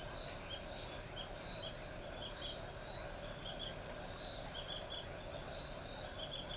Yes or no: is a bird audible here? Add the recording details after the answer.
no. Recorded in forest near Pivijay, Magdalena, Colombia, on 1 June 2023 at 22:00. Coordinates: 10.467, -74.380. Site Z5-G034